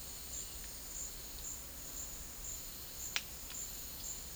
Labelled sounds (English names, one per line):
none